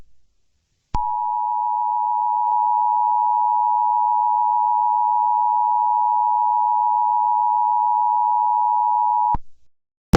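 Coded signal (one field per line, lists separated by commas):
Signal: Emergency Alert System (SAME) tones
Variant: 853 and 960 Hz attention tone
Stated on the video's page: Fictional EAS scenario tones about a "Deedo Invasion", not a real alert.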